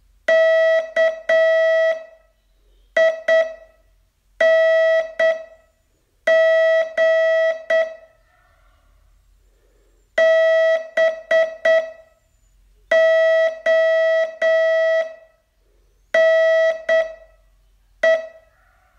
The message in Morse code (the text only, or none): KING BONE